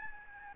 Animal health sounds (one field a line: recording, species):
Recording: mosquito wingbeat signal from an infrared sensor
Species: Aedes albopictus